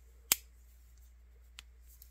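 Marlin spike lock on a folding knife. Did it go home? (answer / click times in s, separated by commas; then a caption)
yes / 0.3 s. The marlin spike on a Fox Nauta FX-230 folding traveling knife is opened until it locks in place. A sharp, bright snap is heard at 0.3 s, followed by a fainter click near 1.6 s and a small tick near 2.0 s over a low steady hum. The spike is locked open.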